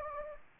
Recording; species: mosquito wingbeat signal from an infrared sensor; Anopheles gambiae